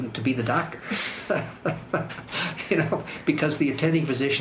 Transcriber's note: chuckle